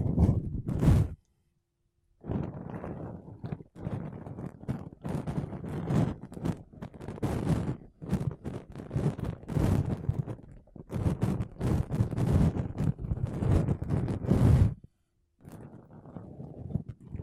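Makeup brushes and a sponge rub and sweep across a microphone in dense, scratchy strokes that carry a soft low thump beneath. The brushing runs nearly continuously, stopping briefly near 1.5 seconds and again around 15 seconds, then resumes more lightly at the end.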